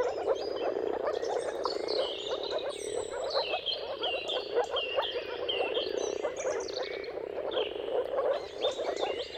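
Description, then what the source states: Moor frogs calling in a dense chorus of soft, low bubbling notes, with birds singing high whistled and trilled phrases over it throughout. Many moor frogs giving mating calls at sunrise in a dawn chorus, around the turn of March and April, timing depending on the weather.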